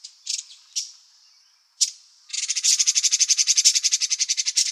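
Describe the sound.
Bird giving a few short scratchy chips, a pause, then a steady, rapid, buzzy rattle of evenly pulsed notes to the end.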